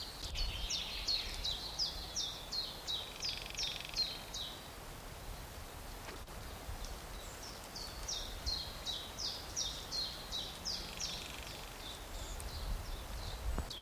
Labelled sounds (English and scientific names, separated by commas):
Common Chiffchaff (Phylloscopus collybita) song